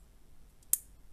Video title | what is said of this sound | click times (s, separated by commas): [FR] AlCyn - Gunpla & Figurines #186 : Review HGCE Dagger L | Voilà, vous avez entendu? | 0.7 s